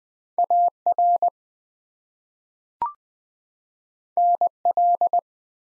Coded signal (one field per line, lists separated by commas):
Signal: Morse code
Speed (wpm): 20 wpm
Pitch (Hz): 700 Hz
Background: none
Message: AR NL